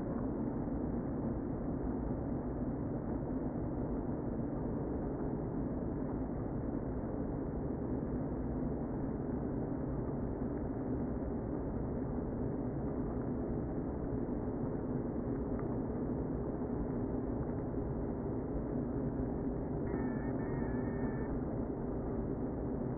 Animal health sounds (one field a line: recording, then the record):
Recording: honeybee colony, microphone inside the hive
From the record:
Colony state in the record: queen present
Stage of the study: before two queens were removed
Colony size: about 60,000 bees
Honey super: yes